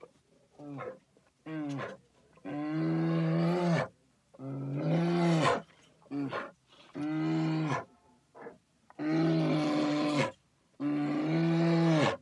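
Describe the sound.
Gorilla roaring: about five loud, drawn-out harmonic bellows, each over a second long, separated by short gruff grunts and brief silences.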